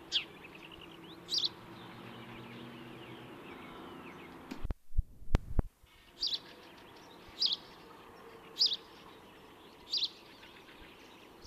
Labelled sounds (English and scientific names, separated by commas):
House Sparrow (Passer domesticus) song